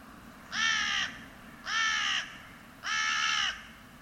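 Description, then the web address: Bird calling three loud, hoarse caws, evenly spaced about a second apart, against a faint steady background hum. "cianscape. Deverinetal 2025. Bird Only"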